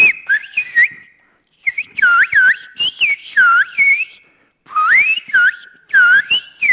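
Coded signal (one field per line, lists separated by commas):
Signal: whistled language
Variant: Sfyria (Greek)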